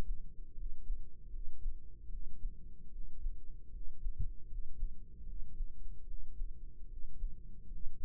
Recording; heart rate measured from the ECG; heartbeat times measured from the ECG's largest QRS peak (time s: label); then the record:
heart sounds by microphone in the right ear; 76 bpm
0.53 s: heartbeat
1.29 s: heartbeat
2.08 s: heartbeat
2.89 s: heartbeat
3.69 s: heartbeat
4.46 s: heartbeat
5.23 s: heartbeat
6.04 s: heartbeat
6.87 s: heartbeat
7.68 s: heartbeat
From the record:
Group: healthy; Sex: male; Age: 20 years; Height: 167 cm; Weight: 61 kg